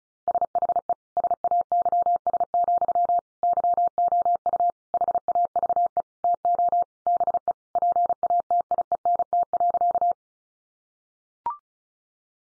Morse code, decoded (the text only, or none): SHE SAYS, YOU HAVE TO BE PATIENT.